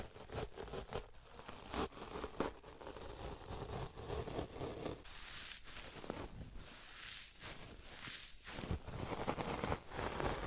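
Sponges rubbed against a microphone make a dense, continuous scratching and brushing, with irregular louder scrapes every second or so. Around five seconds the sound turns brighter and hissier, like squishing and crinkling, before the rough strokes return.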